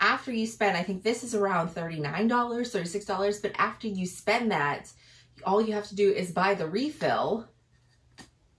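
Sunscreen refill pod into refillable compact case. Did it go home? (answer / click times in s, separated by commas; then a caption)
yes / 8.2 s. Someone talks, then a plastic sunscreen refill pod is pressed into its twist-up refillable compact case. A short, sharp click at 8.2 s marks the pod popping into place and seating.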